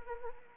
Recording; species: mosquito wingbeat signal from an infrared sensor; Anopheles arabiensis